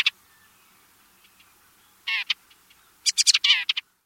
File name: house wren